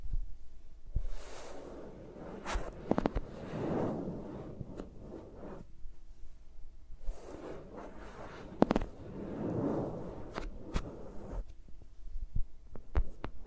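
ASMR with microphones around fingers, no talking: soft rubbing and brushing swells in low, muffled waves, roughly every five to six seconds. Sharp clicks and taps cut through, clustered near 3, 8–9 and 11–13 seconds, over a faint steady hum.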